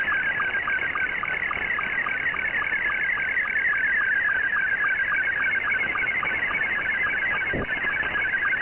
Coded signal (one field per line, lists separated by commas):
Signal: SSTV (slow-scan television)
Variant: Scottie 2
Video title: Recap of Pirate Radio Activity Friday 9 September 2022